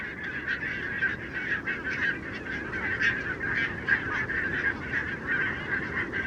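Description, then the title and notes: Barnacle goose flock calling, a dense continuous chorus of short yapping barks, with individual calls briefly standing out above the steady wall of sound. Flock of about 20,000 on wintering grounds, Renesse, Netherlands, 12 January 2009, winter; recorded with Nagra LB recorder and Telinga P7 microphone. "Renesse - Pays-bas. 20 000 Bernache nonnette ( Branta leucopsis) en Hollande"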